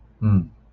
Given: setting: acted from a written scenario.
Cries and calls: vocal sound without words; sympathy

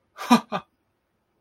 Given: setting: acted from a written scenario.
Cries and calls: vocal sound without words; positive surprise

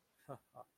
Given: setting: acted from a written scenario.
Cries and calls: vocal sound without words; contempt

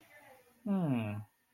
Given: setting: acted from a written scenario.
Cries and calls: vocal sound without words; interest

